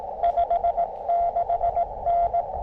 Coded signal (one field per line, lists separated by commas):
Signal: Morse code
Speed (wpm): 17 wpm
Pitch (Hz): 690 Hz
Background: radio noise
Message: 56N